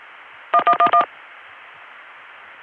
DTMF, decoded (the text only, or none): 1111